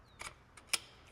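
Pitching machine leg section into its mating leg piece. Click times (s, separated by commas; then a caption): 0.7 s. Two leg sections of a Furlihong 4-wheel pitching machine stand, one with a rubber foot, are pushed together. A softer rattle comes first, then a sharp, bright click at 0.8 s as the leg pieces snap into place and seat.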